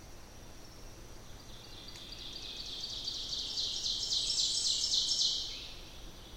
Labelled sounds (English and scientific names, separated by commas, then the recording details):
Ovenbird (Seiurus aurocapilla) song
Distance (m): 35 m
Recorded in boreal forest in Alberta, Canada, on 14 June 2016 at 06:21
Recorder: SongMeter 3, array SBT-3-33
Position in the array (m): 128 m, 35 m
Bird 21